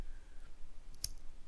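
The folding clasp of a Bulova Computron watch bracelet is closed onto its lock, and a single sharp click is heard at 1.0 s as it locks shut, with fainter ticks just before and after. The clasp seats securely against a quiet background.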